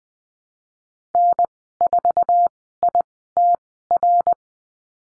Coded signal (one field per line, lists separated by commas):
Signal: Morse code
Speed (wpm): 20 wpm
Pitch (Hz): 700 Hz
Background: none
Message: N4ITR